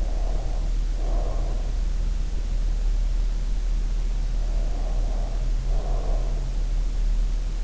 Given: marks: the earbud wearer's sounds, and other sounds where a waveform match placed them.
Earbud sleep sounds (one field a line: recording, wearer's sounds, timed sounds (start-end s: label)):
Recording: sounds in sleep by an in-ear microphone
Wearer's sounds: breath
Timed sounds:
0.00-1.72 s: breath
3.74-6.92 s: breath